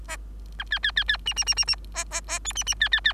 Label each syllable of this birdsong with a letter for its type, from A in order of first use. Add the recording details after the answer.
A B B B B C C C C C D D D E C C B B B. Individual Bird3